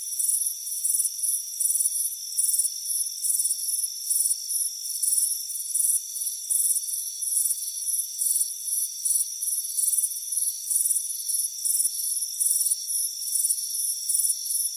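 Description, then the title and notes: Crickets give rapid, high, pulsing chirps that repeat almost continuously, backed by a steady whine of other high insect tones. Crickets chirping on a warm afternoon by a front porch. "Soothing Crickets Chirping Sound. It's a warm afternoon as you relax in a hammock on the front porch. Relax and fall asleep to the soothing sound of chirping crickets. Deep Sleep Sounds"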